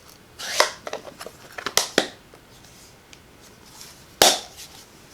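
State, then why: Seated. A crafter closes the plastic lid of a stamp ink pad case, with light handling clicks and taps around 0.6, 1.8 and 2.0 seconds. She presses the lid down until it snaps shut with one sharp, loud snap at 4.2 seconds, confirming the lid is seated closed.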